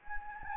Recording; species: mosquito wingbeat signal from an infrared sensor; Anopheles gambiae